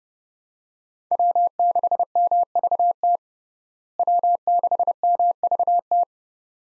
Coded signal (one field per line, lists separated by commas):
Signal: Morse code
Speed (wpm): 32 wpm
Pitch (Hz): 700 Hz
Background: none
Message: W6MVT W6MVT